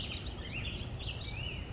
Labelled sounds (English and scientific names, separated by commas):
American Robin (Turdus migratorius)